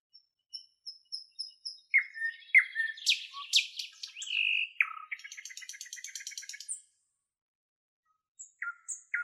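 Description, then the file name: Common nightingale song opening with a series of thin high whistles, followed by varied chirps, a rapid rattling trill and a pause before a few more notes. "solovey"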